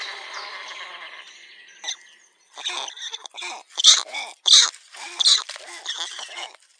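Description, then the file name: Black stork calls: a run of harsh, wheezy, breathy bursts that grow louder midway, after a softer hissing start. "bocianczarny"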